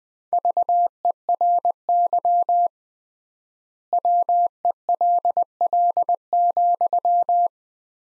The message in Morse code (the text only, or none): VERY WELL,